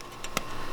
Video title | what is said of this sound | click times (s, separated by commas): LED Headlight Install 10th Gen Civic | gonna go ahead and go ahead and plug this in you'll hear it click ok | 0.4 s